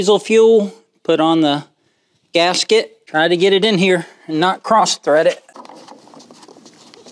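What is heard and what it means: A new spin-on fuel filter, its gasket already oiled with fuel, is lined up and started by hand on the metal threaded filter head of a Kubota L-series diesel tractor (L2501/L2502/L3901/L3902) during its 400-hour service, taking care not to cross-thread it. Someone talks, then short taps and rattles from handling the filter follow between about 5.6 and 6.9 seconds. Nothing has seated or clicked yet, and the filter is not yet snugged down.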